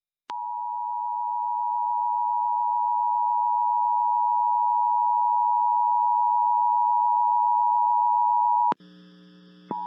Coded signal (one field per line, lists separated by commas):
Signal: Emergency Alert System (SAME) tones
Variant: 853 and 960 Hz attention tone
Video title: EAS Required Monthly Test Kentucky Statewide WUKY-FM Lexington, KY +WeatherSTAR4000 Emulator